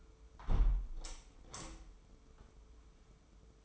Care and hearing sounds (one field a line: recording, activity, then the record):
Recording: daily activity, microphone in the room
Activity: close window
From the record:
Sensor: 1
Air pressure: 995.7 hPa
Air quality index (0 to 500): 55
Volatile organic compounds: 2 ppm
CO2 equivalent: 1051 ppm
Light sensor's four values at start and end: 30/104/40/42 and 30/104/40/41